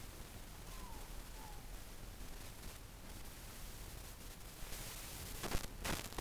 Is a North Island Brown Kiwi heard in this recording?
no